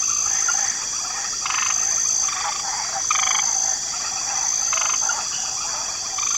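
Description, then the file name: Frog chorus with clustered croaking rattles recurring every second or two, layered over a continuous shrill insect hum. Light chorus of frogs in a swamp ambience. "Swamp Ambience 2 Special Mix Light Chorus of Frogs"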